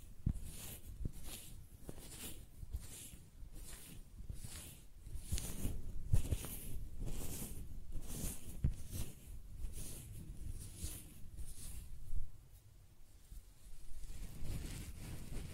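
Close-up hair sounds: brushing or stroking in a steady rhythm of soft, bright swishes, about two per second, each stroke a short hiss. A low rumble and scattered small rustles sit underneath. Around twelve seconds the strokes pause briefly, then resume more faintly.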